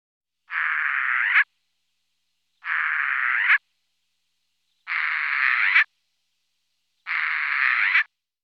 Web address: IVN Zangvogels. Vlaamse gaai